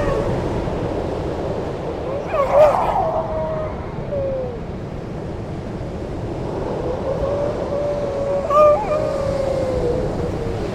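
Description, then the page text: Grey seal moans, two drawn-out wailing calls about six seconds apart, each sliding gently downward, against continuous surf noise. Grey seals with waves, Horsey Gap, Norfolk, England, coast, 1 December 2013, 8am. "Grey Seals and waves recorded on the 1st December 2013 at 8am, Horsey Gap, Norfolk, England."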